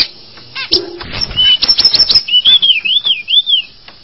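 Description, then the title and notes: Bird song: dry clicking notes, then a high whistled phrase that wavers up and down several times in a smooth wavy line. "Bird Sound. Kicau Burung Lengkap"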